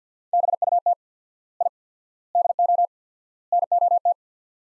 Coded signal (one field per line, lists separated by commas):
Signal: Morse code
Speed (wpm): 49 wpm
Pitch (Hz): 700 Hz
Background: none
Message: BUT I DO NOT